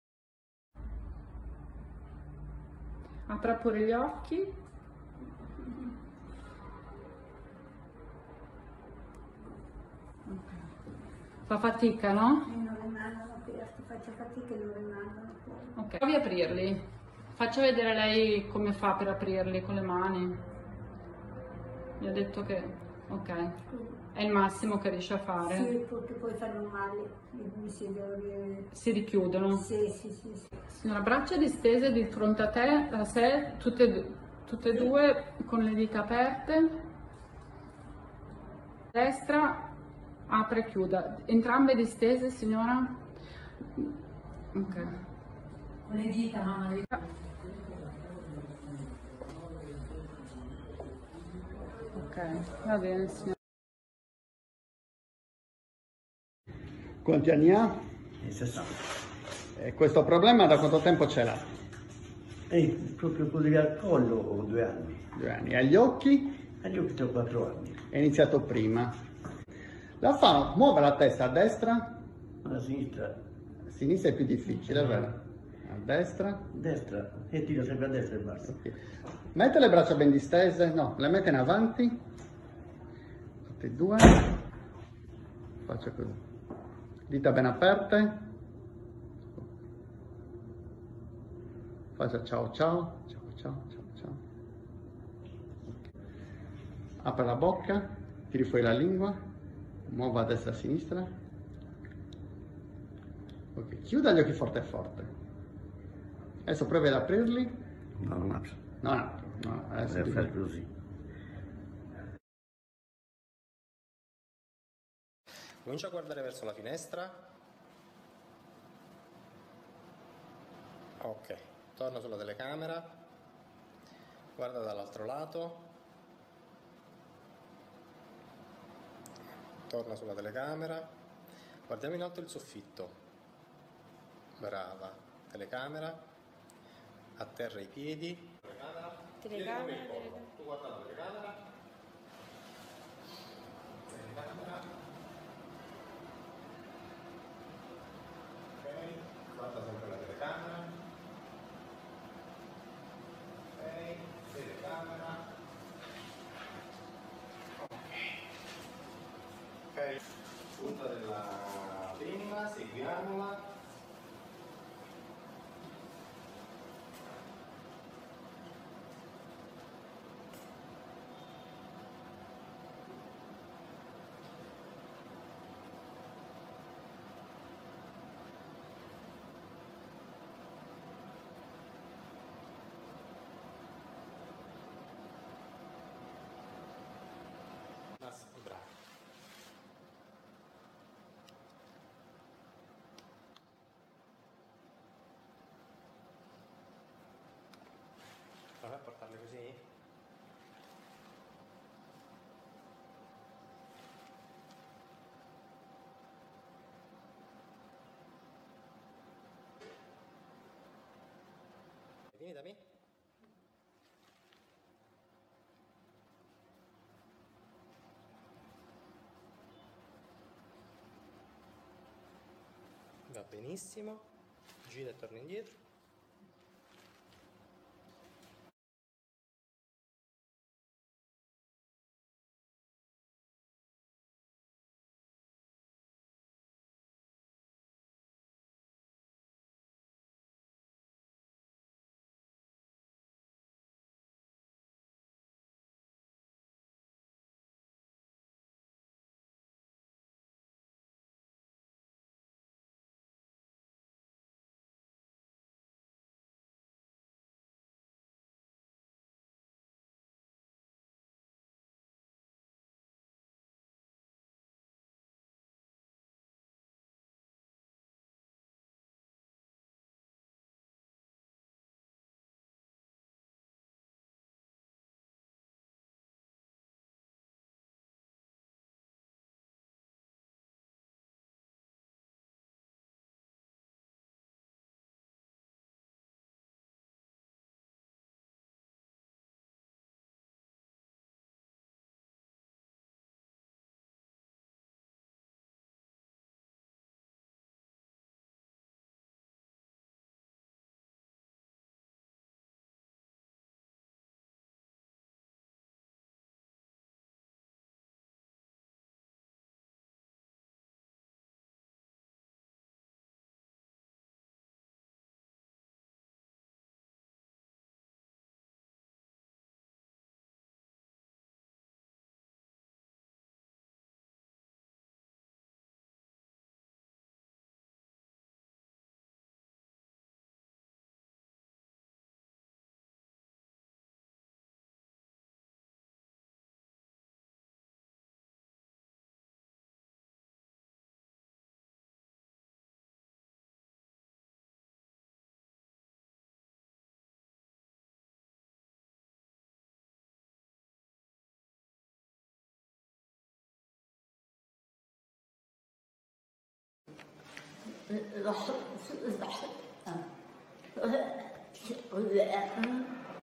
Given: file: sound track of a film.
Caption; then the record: From the age of 29, a bilateral hand dystonic tremor developed, prevalent on the right side, especially during writing; dystonia then spread to the oromandibular region and cervical region; laryngeal impairment worsened leading to a significant decrease in speech intelligibility. By age 23, horizontal saccades were slow and reduced in amplitude, and in two years she developed progressive oculomotor apraxia on the horizontal gaze (Video 1).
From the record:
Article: Adult-onset KMT2B-related dystonia